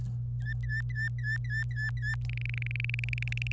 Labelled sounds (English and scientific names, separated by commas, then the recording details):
Domestic Canary (Serinus canaria) song
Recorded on 26 April 2018 at 12:25
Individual llb3